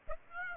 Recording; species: mosquito wingbeat signal from an infrared sensor; Aedes aegypti